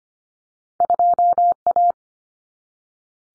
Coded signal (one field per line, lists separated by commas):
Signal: Morse code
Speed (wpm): 25 wpm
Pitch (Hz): 700 Hz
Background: none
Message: 2A